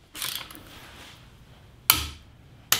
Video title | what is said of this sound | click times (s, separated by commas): Review of PowerHand 650 💪Torque Multiplier Laser 5621 Power Wheel Nut Wrench Power Enforcer 👊 | our click now | 1.9 s